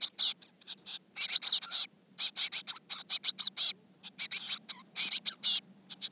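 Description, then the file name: Eurasian blue tit calls, busy bursts of high scratchy chirps and short trills, broken by a few brief pauses. "Cyanistes caeruleus"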